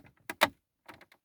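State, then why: Seated. The glovebox lid of a 2013 Volvo XC90 is pressed harder into the car dashboard, and its latch gives two sharp clicks, one at 0.3 s and a louder one at 0.43 s, leaving it fully closed and engaged. A few fainter, softer knocks follow near the end.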